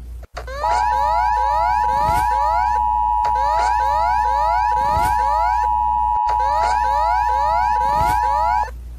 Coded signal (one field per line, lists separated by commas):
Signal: Emergency Alert System (SAME) tones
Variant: 853 and 960 Hz attention tone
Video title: Ecuador EAS Alarm